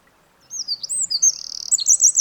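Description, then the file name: Eurasian wren song, shrill whistled slurs followed by a quick rattling trill and bright repeated notes, all very high-pitched. "Troglodytes troglodytes"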